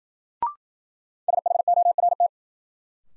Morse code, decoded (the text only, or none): SHORT